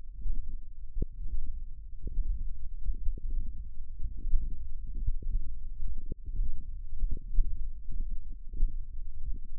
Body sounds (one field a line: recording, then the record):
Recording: forearm muscle sounds (acoustic myography)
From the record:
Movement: thumb flexion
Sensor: system 1, eight BSWA MPA416 microphones around the upper forearm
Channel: 8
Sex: male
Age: 42 years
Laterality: right